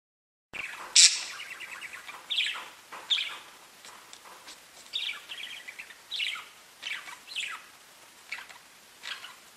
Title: Budgie Sounds